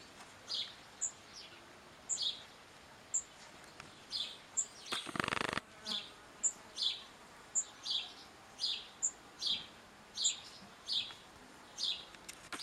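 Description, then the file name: House sparrow chirping: short bright chirps repeated in a steady series, broken midway by a brief loud rush of noise, with faint high ticks throughout. "Passer domesticus"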